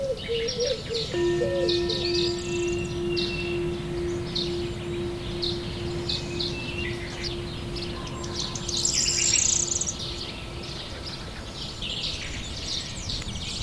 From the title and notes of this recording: Relaxing Nature Sounds with Piano.